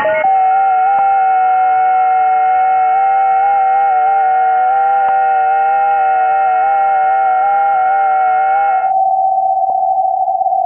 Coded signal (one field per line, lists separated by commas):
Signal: FT8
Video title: KiwiSDR 2 - A Standalone Software Defined HF Radio Receiver